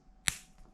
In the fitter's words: Now you hear the click and you'll know that that is reinstalled.